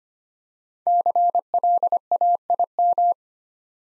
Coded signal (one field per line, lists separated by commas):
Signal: Morse code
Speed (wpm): 25 wpm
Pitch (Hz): 700 Hz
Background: none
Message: CLAIM